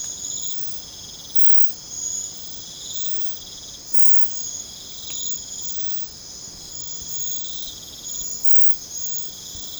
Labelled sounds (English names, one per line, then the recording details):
none
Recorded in secondary vegetation near Puerto Asís, Putumayo, Colombia, on 21 December 2024 at 04:00
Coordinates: 0.499, -76.323
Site G010